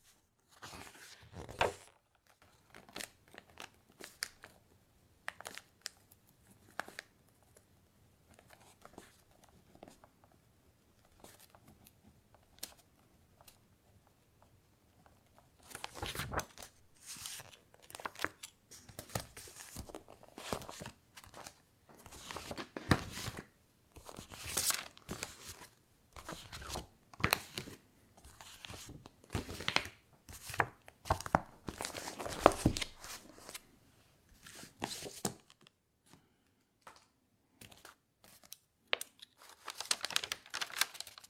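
Paper sounds, writing and page turning: a run of dry crinkles, scratches and rustles, sparse and quiet for the first fifteen seconds. After about 16 seconds the handling grows denser and louder, with sharp bright crackles and short tearing-like sweeps until the end.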